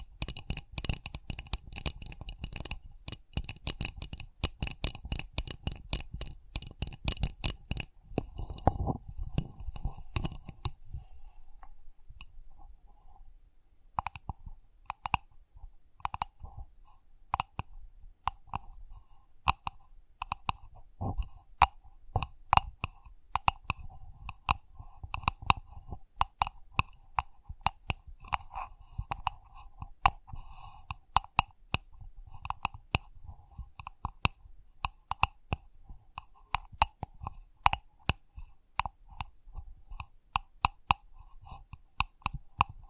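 Sensitive tapping, a fast run of sharp clicks and taps throughout. For the first ten seconds the taps are bright and crisp over a low rumble; after that they turn thinner and mid-pitched, irregular, with a faint steady tone beneath.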